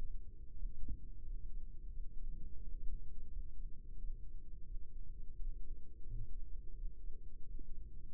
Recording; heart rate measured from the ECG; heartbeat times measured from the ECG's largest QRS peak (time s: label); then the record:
heart sounds by microphone in the right ear; 88 bpm
0.54 s: heartbeat
1.22 s: heartbeat
1.89 s: heartbeat
2.60 s: heartbeat
3.28 s: heartbeat
3.95 s: heartbeat
4.63 s: heartbeat
5.33 s: heartbeat
6.04 s: heartbeat
6.72 s: heartbeat
7.40 s: heartbeat
8.08 s: heartbeat
From the record:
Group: healthy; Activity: rest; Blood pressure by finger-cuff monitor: 101/63 mmHg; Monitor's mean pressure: 73 mmHg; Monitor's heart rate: 89 bpm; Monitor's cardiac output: 6.3 L/min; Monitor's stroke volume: 71 mL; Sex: male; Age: 22 years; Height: 181 cm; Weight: 60 kg